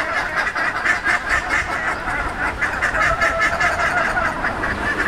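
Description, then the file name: Buff-necked ibis: harsh nasal honking from several buff-necked ibises, calls tumbling over one another in a steady, noisy chorus. Several birds, recorded at Frutillar, Chile. "Bandurrias Theristicus caudatus in Frutillar Chile"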